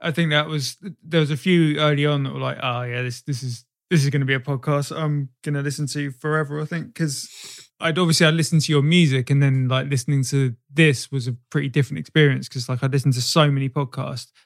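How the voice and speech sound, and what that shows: One adult speaks casually and fluently in a British-accented conversational voice, with natural pauses and filler words like "like". Voice quality is clear with ordinary pitch variation. No speech disorder is heard.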